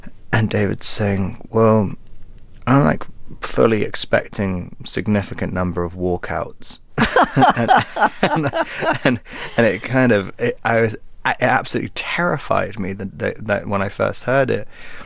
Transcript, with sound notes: And David's saying, well, I'm, like, fully expecting a significant number of walkouts.
(Laughter).
And it kind of - I was - it absolutely terrified me when I first heard it.